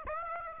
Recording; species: mosquito wingbeat signal from an infrared sensor; Aedes aegypti